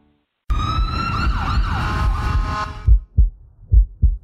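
A wailing emergency siren fills the first seconds, then cuts off, leaving steady paired lub-dub heart sounds at about 70 beats a minute. A digital stethoscope with active noise cancellation and up to 40 times amplification removes the background siren so the heartbeat can be heard clearly.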